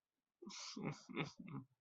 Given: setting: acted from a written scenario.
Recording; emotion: vocal sound without words; guilt